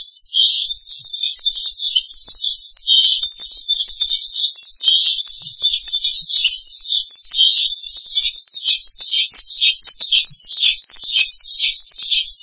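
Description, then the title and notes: Starling song of steady, shrill warbling, the notes looping up and down quickly in an unbroken stream. "suara burung jalak"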